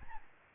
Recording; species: mosquito wingbeat signal from an infrared sensor; Aedes albopictus